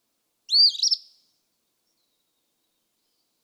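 Eastern phoebe song: one scratchy rising-then-buzzy 'fee-bee' phrase, followed by silence and the start of another at the very end.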